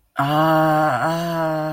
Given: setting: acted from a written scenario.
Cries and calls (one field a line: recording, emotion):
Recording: vocal sound without words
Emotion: confusion